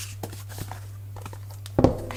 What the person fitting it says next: So when you open the case, the bottom hinge kind of snaps into place.